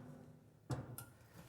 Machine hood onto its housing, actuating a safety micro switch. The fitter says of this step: upon lowering the hood you'll hear a click